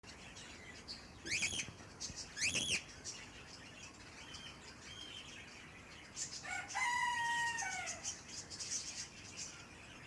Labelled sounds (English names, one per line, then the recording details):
Cockatiel call
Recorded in captivity
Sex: group
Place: Zoo Halle, Sachsen-Anhalt, DE
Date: 2004-12-14 13:17
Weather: sonnig, 2°C
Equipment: Sony WM-D6C, Sennheiser ME 80, Kopie Uher 4000 Report Monitor
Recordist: Tembrock, Günter